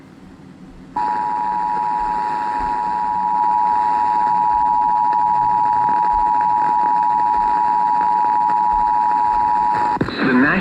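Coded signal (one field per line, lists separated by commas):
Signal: Emergency Alert System (SAME) tones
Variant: 853 and 960 Hz attention tone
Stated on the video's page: Severe Thunderstorm Warning EAS from a NOAA weather radio station.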